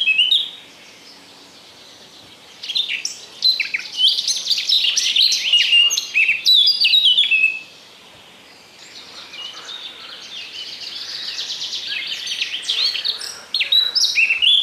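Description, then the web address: Eurasian blackcap sings fast warbling song phrases separated by short pauses. "Przyroda Ptaki Kapturka"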